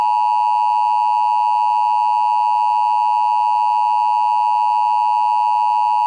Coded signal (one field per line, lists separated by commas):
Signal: Emergency Alert System (SAME) tones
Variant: 853 and 960 Hz attention tone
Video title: EAS Scenario Hunter Error 5: Hunter Error's Chaotic Event Madness